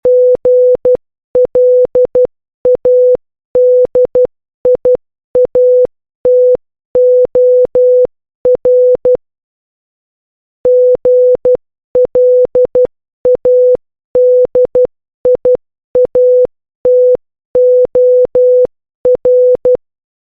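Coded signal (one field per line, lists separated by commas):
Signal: Morse code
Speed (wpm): 12 wpm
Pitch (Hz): 500 Hz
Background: none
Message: GLADIATOR GLADIATOR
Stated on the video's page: Morse code practice audio for learning letters a through t.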